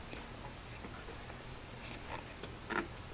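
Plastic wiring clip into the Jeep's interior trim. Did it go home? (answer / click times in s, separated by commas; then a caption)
no / none. A plastic cable clip holding the wiring of a Brawlee light bar is handled against the interior trim or body of a Jeep TJ, producing faint ticks and rustles over a low background hum, with brief sharper handling sounds near 2.7 s and 3.1 s. The clip has not clicked into place yet, and nothing has seated.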